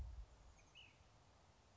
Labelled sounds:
Ash-throated Flycatcher
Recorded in Sonoma County, California

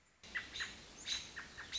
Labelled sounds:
American Robin
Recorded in Sonoma County, California

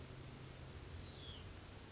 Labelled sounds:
Hutton's Vireo
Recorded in Sonoma County, California

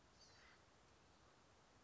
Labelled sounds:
Acorn Woodpecker
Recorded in Sonoma County, California

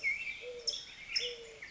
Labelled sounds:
California Towhee
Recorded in Sonoma County, California

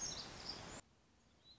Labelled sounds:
Black-throated Gray Warbler
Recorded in Sonoma County, California

